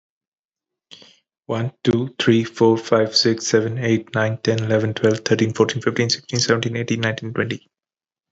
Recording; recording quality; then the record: counting at a fast pace; excellent, no background noise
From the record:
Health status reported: healthy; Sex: male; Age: 29 years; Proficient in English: yes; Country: United States